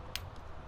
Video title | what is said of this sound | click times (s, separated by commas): Quick Release Latches Make Bumper Removal SO Easy | and then it pops into place and what makes it a quick release is you push this button here | 0.1 s